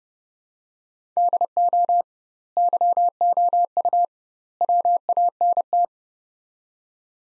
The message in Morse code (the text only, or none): DO YOU WANT